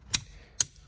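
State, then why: Seated. A plastic connector is pushed into place on the airbag clock spring and steering column of a 9th gen Honda Civic during a clock spring replacement. Two sharp clicks are heard at 0.1 s and 0.6 s, and the connector is seated.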